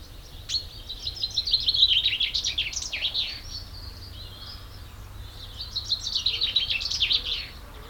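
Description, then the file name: Common chaffinch giving two song phrases, each a quick run of notes. "Fringilla coelebs"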